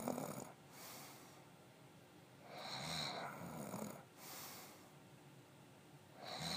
Snoring.